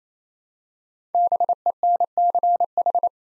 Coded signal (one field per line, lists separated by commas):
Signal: Morse code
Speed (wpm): 28 wpm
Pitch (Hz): 700 Hz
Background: none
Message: BENCH